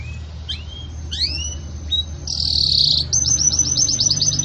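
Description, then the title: Canary song: thin rising whistles, then a dense buzzy trill and a fast run of repeated bright notes, with a low steady hum underneath. Pure campainha song style with pauses, for training birds. "Canto Canário Belga Campainha Puro Com Pausa Para Treinamento"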